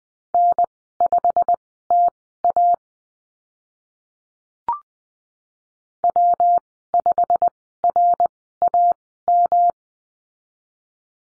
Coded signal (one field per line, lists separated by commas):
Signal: Morse code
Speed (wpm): 20 wpm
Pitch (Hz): 700 Hz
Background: none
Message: N5TA W5RAM